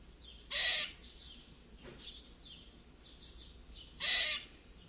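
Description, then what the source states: Squirrel giving two loud, rasping squeaks about three and a half seconds apart, over faint high chirping notes. Weird squeak.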